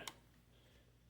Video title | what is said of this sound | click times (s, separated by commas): I3-13100f install into Aorus Pro AX B660m with Vetroo V5 CPU Cooler ARGB installation, how to | so that one didn't snap so good | 0.1 s